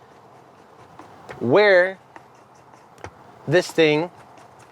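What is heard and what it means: The small adjustment knob on the armrest of a 2022 VW Atlas second-row captain's chair is turned to set the armrest's angle while someone talks. Faint, brief ticks occur near 1.0, 2.2 and 3.0 seconds under the talking. The adjuster has been handled but has not locked into place, and nothing has seated or clicked yet.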